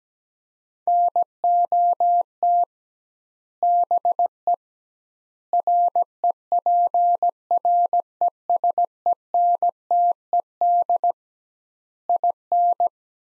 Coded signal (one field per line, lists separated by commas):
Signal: Morse code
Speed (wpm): 17 wpm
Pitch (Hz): 700 Hz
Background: none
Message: NOT BE REPRESENTED IN